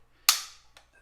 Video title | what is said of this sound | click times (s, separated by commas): AR-15 vs Mini-14 revisited | it's locked in place but it's not fully seated | 0.3 s